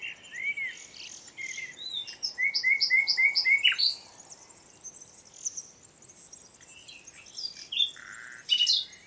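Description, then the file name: Common nightingale song: a quick row of about five repeated whistled notes among scattered high chirps and twitters. "Luscinia megarhynchos"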